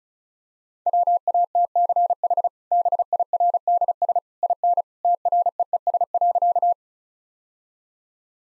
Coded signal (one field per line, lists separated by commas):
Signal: Morse code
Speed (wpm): 36 wpm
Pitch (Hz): 700 Hz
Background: none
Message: WATCH BIRDS IN TREES.